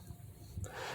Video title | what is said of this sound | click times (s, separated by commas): 2020 Toyota Tacoma Headlight, High beam, Blinker bulb replacement | this should click into place and it shouldn't be loose or nothing it should be on there pretty tight after it clicks into place | 0.6 s